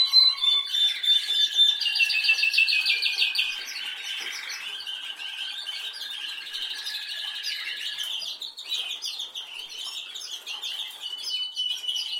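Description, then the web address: Canary singing fast buzzy trills that open loud, then drop into a softer, steadier rolling phrase before brighter trills return. "Golchin Best Canari Seda Canari. Niyaz Music)"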